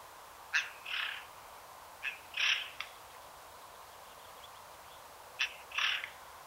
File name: Garrulus glandarius